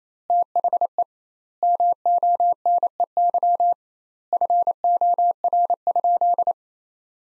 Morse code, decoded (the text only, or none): THE MONEY FOR?